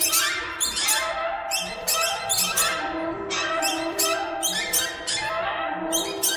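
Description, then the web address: Chorus of birds, raspy squawks mixed with squeaky chirps, steady and unbroken, a few louder sharp calls rising out of the din. "soundfactory birds"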